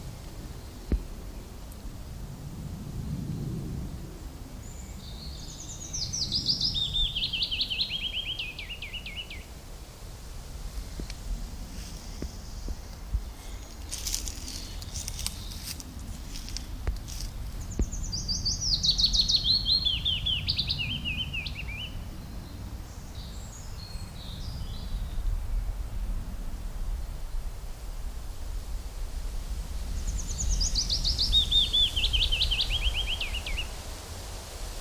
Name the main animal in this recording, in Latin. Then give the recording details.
Phylloscopus trochilus. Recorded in the wild. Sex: male. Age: adult. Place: Bötzow - Krämer, Brandenburg, DE. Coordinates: 52.6736, 13.0725. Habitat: spruce forest. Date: 1997-05-18 16:33. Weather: sunny, 27°C, partly light winds. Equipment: Sony MD-WM MZ-R3, Sennheiser MKH 416 T, Kopie Uher 4000 Report Monitor. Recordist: Tembrock, Günter